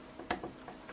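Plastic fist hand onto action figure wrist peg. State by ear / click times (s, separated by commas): seated / 0.3 s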